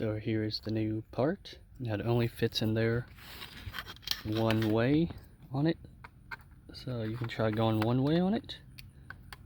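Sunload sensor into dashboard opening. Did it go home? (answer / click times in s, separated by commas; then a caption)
no / none. A new Headlamp-Sentinel sunload sensor for a 2017 Ford Fusion is pushed into its dashboard opening the wrong way round, and it won't plug in. Someone talks throughout, with faint small plastic taps and scrapes near 6.0 s and between 8.8 and 9.5 s. Nothing has seated or clicked yet.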